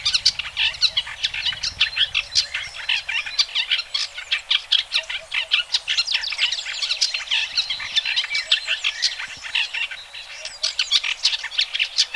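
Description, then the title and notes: Bird song of rapid, overlapping high twitters and chips running continuously, energetic and unbroken throughout, over a quiet background. Birdsong played for training pet birds to learn songs. "Suara Burung. Suara Kicauan Burung untuk memaster burung kesayangan"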